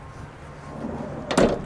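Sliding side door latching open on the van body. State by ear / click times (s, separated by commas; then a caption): seated / 1.3 s, 1.4 s. The side sliding door of a 2026 Eddie Bauer 20EB camper van is pushed fully open, its rolling rumble building until it locks into its open position on the van body. Metallic latch clicks ring out at 1.3 and 1.4 seconds as the door seats and stays locked open.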